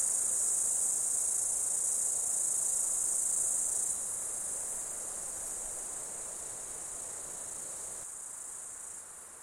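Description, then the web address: High insect buzzing, loud at first then dropping in level after about four seconds and fading further near the end. Summer insect ambience in Australia. "Foundation 1 AMBIENCE AUSTRALIAN SUMMER INSECTS"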